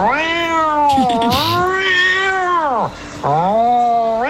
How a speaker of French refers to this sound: Ah, ça, c'est les chats qui ont des ébats.